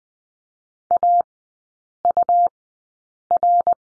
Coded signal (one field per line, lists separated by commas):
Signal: Morse code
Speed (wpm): 20 wpm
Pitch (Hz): 700 Hz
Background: none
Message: AUR